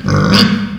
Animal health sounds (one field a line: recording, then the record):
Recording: squeal of a Yucatan mini pig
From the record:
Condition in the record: after surgery on the right vocal fold (resection and tissue-engineered implant)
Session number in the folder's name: 16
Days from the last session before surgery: 183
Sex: female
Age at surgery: 19 weeks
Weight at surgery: 25 kg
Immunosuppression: prednisolone